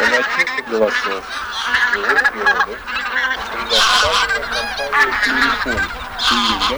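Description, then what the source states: Bean goose: bean geese calling as a flock, many overlapping nasal honks and cackles in a continuous noisy chorus. Flock noise of a goose gathering.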